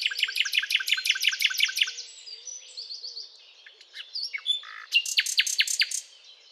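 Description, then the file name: Common nightingale song opening with a rapid string of about a dozen sharp repeated notes, then softer twittering, a short pause and a loud phrase of emphatic repeated notes. "Luscinia megarhynchos"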